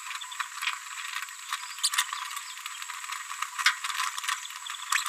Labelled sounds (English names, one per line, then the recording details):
Green-rumped Parrotlet babbling
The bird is a female
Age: 31 days
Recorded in a nest box in Venezuela
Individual 17B73B2